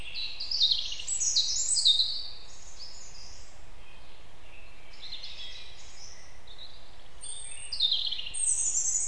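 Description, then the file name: European robin song in two bouts, fast twittering phrases and a thin high whistle, pausing in the middle, against constant faint background noise. "Erithacus rubecula"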